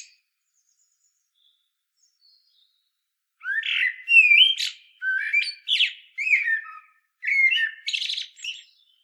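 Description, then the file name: Common blackbird song after a quiet start: a run of rich fluty whistles and slurred notes, followed by a brief buzzy high twitter. "Turdus merula"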